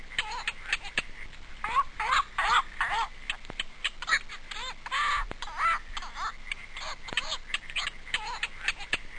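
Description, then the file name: Black-crowned night heron calls: many harsh, croaking notes from several birds overlapping in a dense, restless chorus. "Nitticora"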